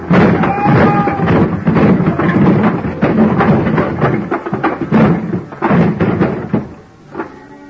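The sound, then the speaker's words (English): A long, loud crash as a heavy, empty dolly, sent at a flying start, slams into the bottom box of a high pile of wooden boxes ready for shipping, with dense clattering thuds and cracks tumbling for several seconds before dying away with a last knock. “I grabbed a heavy, empty dolly, gave it a flying start, and sent it crashing into the bottom box of the pile.”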